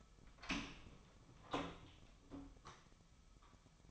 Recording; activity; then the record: daily activity, microphone in the room; open door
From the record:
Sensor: 1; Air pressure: 1007.1 hPa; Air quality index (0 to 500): 202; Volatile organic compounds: 21 ppm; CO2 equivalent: 2724 ppm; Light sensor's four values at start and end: 12/31/13/14 and 13/33/13/14